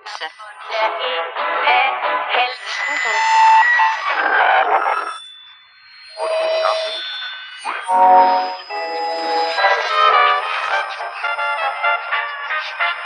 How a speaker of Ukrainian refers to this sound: Вось возьму і уключу радыёпрыёмнік на ўсю моц.